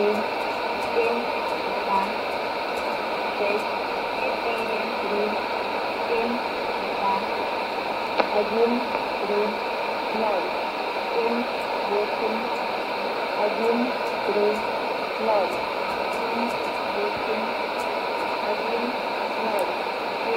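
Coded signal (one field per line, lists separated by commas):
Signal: numbers station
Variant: S06s, Russian female voice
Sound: female voice reading short evenly spaced Russian number groups through heavy shortwave noise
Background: radio static and hum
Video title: 20 08 2019 S06s Russian Lady numbers station in Russian to Eu 0734 on 7365 unknown tx site USB+AM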